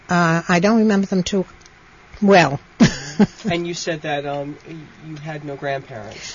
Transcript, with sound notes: I don't remember them too well. (She laughs)
And you said that you had no grandparents.